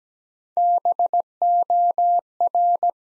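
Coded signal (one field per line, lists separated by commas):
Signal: Morse code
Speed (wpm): 17 wpm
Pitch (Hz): 700 Hz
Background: none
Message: BOR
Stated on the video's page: Morse practice at 17 wpm building 5-letter words one letter at a time.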